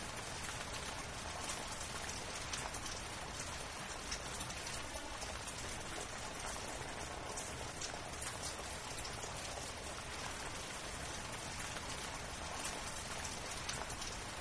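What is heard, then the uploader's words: Gentle rainfall holds steady throughout, a dense, even hiss of countless drops with fine crackling patter on a surface. The sound stays bright, with a soft low rumble underneath and no distinct events standing out. Rain Sounds for a Deep and Rejuvenating Sleep. Immerse yourself in the soothing sounds of a gentle rainfall that lasts through the night.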